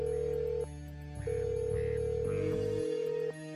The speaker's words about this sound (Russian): После 4-го гудка на том конце провода сняли трубку.